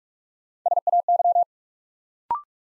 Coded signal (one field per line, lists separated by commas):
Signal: Morse code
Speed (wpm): 44 wpm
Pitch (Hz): 700 Hz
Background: none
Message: SAY